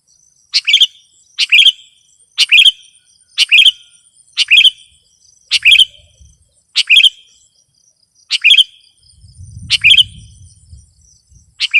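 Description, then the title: Sooty-headed bulbul repeating brief bubbly chirp phrases roughly once a second, with a faint low rumble at times and thin high tones in the background. "kutilang"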